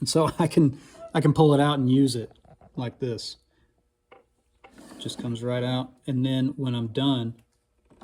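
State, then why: Not seated. Someone talks while handling a black spray-painted plywood pull-out shelf on drawer slides under a pedalboard, made to hold a tape echo sideways, which pulls right out for use and is about to be pushed back in so its detent catches. A few faint knocks and a soft rubbing sound come between the talking. The clip ends before the shelf goes home, and nothing has seated or clicked yet.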